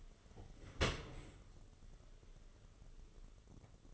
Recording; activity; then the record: daily activity, microphone in the room; open dishwasher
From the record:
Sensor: 4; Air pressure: 1015.8 hPa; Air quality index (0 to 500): 92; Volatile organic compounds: 2 ppm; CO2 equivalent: 1024 ppm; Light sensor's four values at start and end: 9/19/7/7 and 9/19/7/7